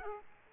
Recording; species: mosquito wingbeat signal from an infrared sensor; Aedes aegypti